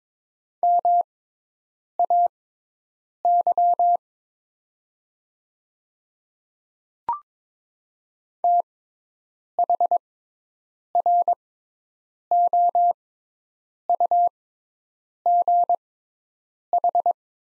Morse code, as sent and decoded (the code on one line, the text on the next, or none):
-- .- -.-- / - .... .-. --- ..- --. ....
MAY THROUGH